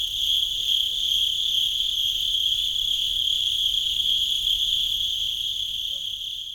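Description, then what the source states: Cricket producing a constant high-pitched trill that stays steady, easing slightly in loudness toward the end. At Sakhalvasho, Georgia.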